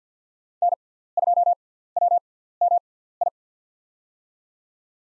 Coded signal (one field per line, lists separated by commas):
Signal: Morse code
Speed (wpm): 45 wpm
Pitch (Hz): 700 Hz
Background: none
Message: N2WMI